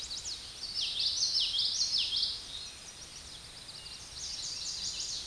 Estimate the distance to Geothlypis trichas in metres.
about 10 m